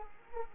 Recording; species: mosquito wingbeat signal from an infrared sensor; Culex quinquefasciatus